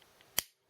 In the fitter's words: there we go once you that click